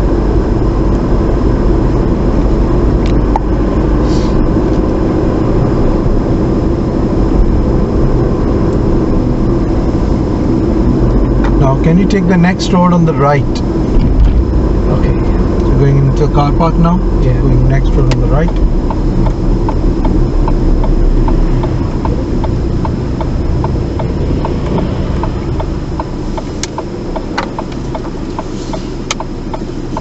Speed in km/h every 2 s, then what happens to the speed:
37, 40, 40, 40, 37, 39, 35, 34, 32, 27, 23, 15, 3, 0, 0.
0-6 steady at about 40. 6-25 slows to 0. 25-30 standing.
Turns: none.